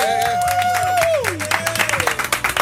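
A burst of applause with dense clapping and a sliding cheer or whoop at the start, thinning into separate, sharper claps as it tapers off.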